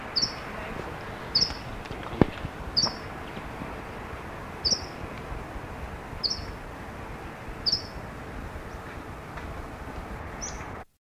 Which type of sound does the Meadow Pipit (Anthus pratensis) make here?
call